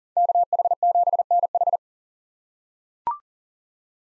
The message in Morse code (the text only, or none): KH7NH